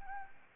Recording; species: mosquito wingbeat signal from an infrared sensor; Anopheles arabiensis